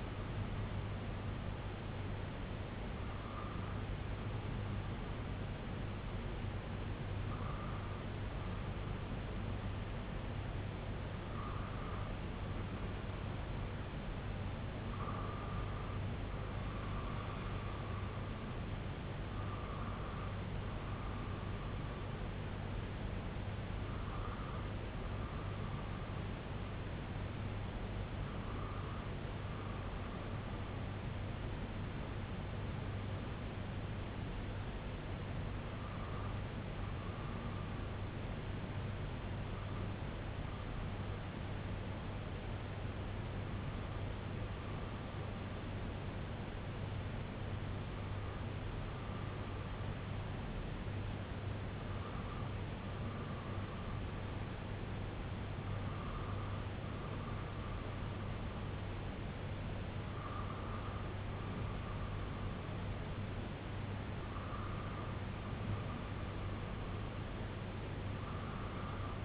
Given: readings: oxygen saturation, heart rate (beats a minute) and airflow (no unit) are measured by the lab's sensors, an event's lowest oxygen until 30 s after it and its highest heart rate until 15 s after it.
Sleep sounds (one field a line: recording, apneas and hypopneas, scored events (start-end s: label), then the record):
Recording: breathing in sleep by a voice recorder at the bedside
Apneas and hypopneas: 1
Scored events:
30.00-59.10 s: hypopnea (N2, oxygen 96% highest, then 93% lowest, heart rate 60 at the start, 68 highest)
From the record:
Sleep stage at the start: N2 (light sleep)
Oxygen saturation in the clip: 93 to 96%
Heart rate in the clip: 58 to 79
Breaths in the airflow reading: 13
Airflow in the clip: -6.5 to 3.4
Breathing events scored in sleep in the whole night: 258 in 7.4 hours asleep